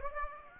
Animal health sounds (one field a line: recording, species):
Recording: mosquito wingbeat signal from an infrared sensor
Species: Aedes aegypti